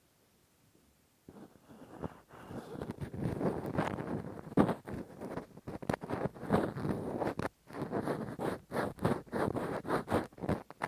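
Rough ear cleaning with a Q-tip and ear pick: after a near-silent first second, dense crackly scraping and rubbing starts and continues with little pause. The scratching swells and fades in uneven bursts, with a few brief gaps and sharp clicks around four and six seconds.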